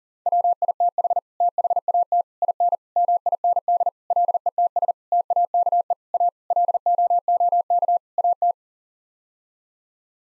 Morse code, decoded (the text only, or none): WITH THAT IN MIND LETS TAKE A LOOK AT